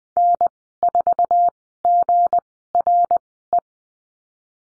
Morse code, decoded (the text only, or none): N4GRE